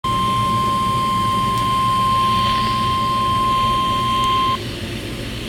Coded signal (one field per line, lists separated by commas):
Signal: Emergency Alert System (SAME) tones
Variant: 1050 Hz attention tone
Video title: MY FIRST high wind warning until 7 PM CST this evening [EAS #11]